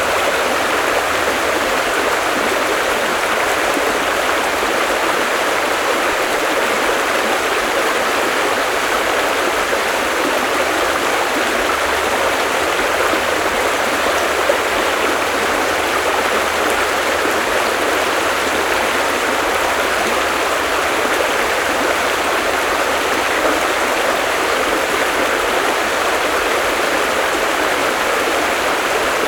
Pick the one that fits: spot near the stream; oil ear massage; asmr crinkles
spot near the stream